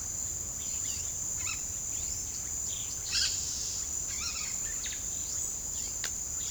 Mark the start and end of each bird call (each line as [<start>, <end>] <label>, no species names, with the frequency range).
[0.00, 6.50] bird call (0.8-8.6 kHz)